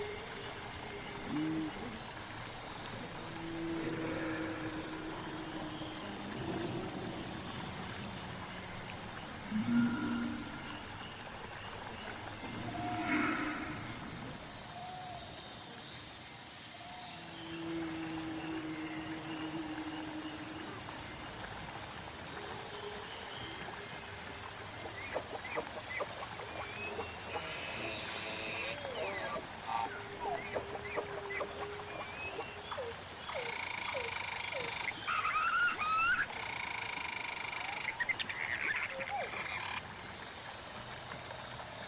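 Dinosaur sounds in a prehistoric forest: low drawn-out moans and groans, then rising shrill calls and rapid clicking chatter around thirty-five seconds.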